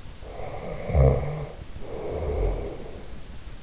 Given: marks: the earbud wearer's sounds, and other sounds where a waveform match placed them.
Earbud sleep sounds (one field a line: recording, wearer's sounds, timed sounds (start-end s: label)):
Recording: sounds in sleep by an in-ear microphone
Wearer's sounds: snoring breath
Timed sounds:
0.21-3.04 s: snoring breath